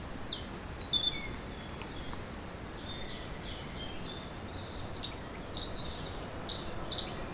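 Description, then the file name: European robin song: varied high, sliding whistles and twitters, quieter in the middle, louder phrases returning in the last two seconds, against steady background noise. "Erithacus rubecula"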